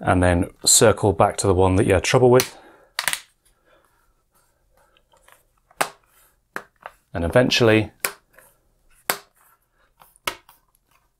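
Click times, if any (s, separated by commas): 9.1 s, 10.3 s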